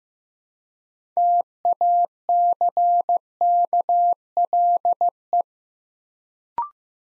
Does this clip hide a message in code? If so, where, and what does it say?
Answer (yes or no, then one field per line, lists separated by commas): yes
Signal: Morse code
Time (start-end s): 1.2-5.4 s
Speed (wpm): 15 wpm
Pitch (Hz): 700 Hz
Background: none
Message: TACKLE